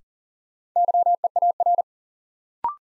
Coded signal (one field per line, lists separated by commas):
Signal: Morse code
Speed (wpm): 40 wpm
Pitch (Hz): 700 Hz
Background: none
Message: YEAR